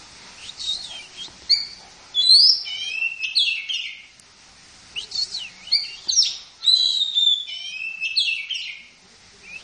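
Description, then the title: Long-tailed shrike song: harsh scratchy notes and brief rising whistles in uneven bursts over a steady background hiss. "Kicau Burung Pentet"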